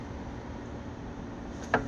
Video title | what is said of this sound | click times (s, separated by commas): Replacing 2017 Ford Explorer Spark Plugs and Coil packs | Push it on that rubber. You heard it click on the | 1.7 s